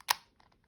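The spring tension adjuster piece of a new speed cube is pushed down and turned into the cube's core until it locks. One sharp plastic click sounds at 0.1 s, followed by a few faint ticks. The piece is locked in and back in place.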